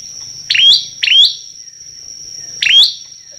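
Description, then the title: Prinia uttering three sharp, slightly rising chip notes, two close together and one after a pause, with a steady high whine behind. Lively, much-singing (gacor) prinia of the local 'lancur' type, recorded as a tutoring track for teaching songbirds (masteran). "Prenjak Lancur Gacor Untuk Masteran"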